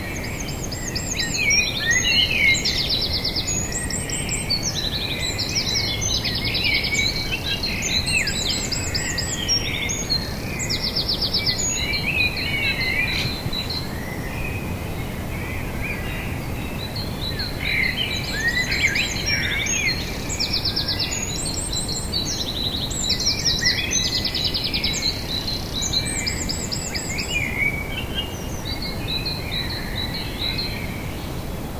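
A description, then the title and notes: Birds sing together at sunrise in a city, a dense chorus of bright chirps, trills and whistling phrases that crowd the first ten seconds, ease off briefly around fifteen seconds, then swell again. A steady low rumble of traffic runs underneath throughout. Bird chorus at sunrise in Danish city. A dawn chorus of chirping birds during sunrise in Denmark. It is a Saturday morning in late April, and the recording starts at 5:15 am.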